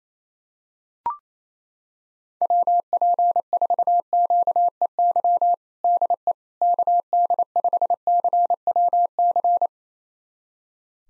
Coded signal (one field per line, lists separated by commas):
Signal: Morse code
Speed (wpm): 28 wpm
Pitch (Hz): 700 Hz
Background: none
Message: WP4QEY DE KD5CWC